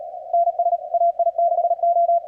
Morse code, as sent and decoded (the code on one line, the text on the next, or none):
-. ... / .- .. -.... ---
NS AI6O